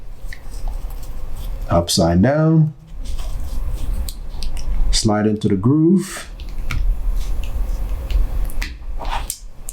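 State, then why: Seated. Someone talks while a Samsung Galaxy Watch band's quick-release connector is turned upside down and slid into the groove on the second side of the smartwatch case, with small clicks and ticks along the way. The band snaps into the groove with a sharp click at 9.7 s and is seated.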